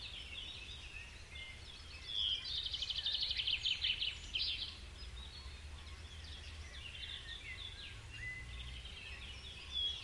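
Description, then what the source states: Birdsong with a fast trilled phrase near two to four seconds, then faint scattered chirps and twitters, above a noticeable low rumbling background. Birds recorded in a forest.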